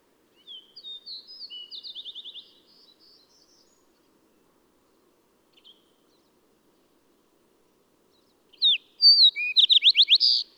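Bird song: a soft trilled phrase, a long quiet gap, then a loud, fast series of repeated slurred notes with whistles.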